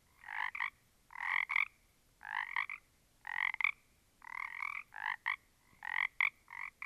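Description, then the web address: Frogs croaking in short grating bursts of rasping pulsed notes, roughly once a second, with brief pauses between. A small group of frogs. "static audio olofonia Small Group of Frogs"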